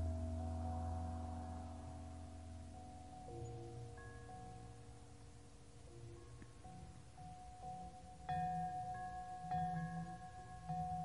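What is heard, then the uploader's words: Calming bells ring out in long, sustained tones that overlap and slowly fade, with new strikes entering around 3, 4, 8 and 9.5 seconds. A soft, steady hiss runs underneath throughout, and a low hum fills the first few seconds. Calming bells white noise.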